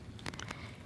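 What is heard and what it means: A metal jump ring holding a bead component is twisted closed onto a jewelry chain with pliers. Several small, sharp ticks are heard, the loudest at 0.3 s as the wire ends click closed, and the jump ring is seated shut on the chain.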